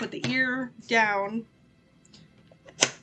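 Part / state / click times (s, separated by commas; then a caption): plastic doll head halves separating / released / 2.8 s. Someone talks, then a plastic Blythe doll head lying ear-down on a hard surface is pushed for gaze correction until it gives a sharp click at 2.8 s. With that click, one half of the head separates from the other.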